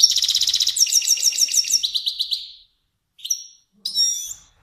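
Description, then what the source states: Finch song: a fast, even buzzy trill that shifts into a run of repeated bright chirps, then a pause and two short whistled phrases. Finch described as kermani.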